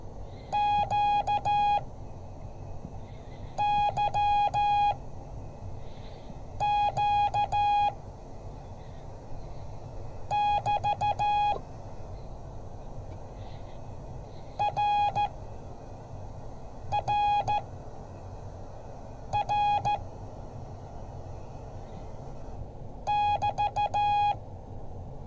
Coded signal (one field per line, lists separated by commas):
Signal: Morse code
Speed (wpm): 14 wpm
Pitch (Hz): 830 Hz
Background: none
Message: QYQ <BT> RRR <BT>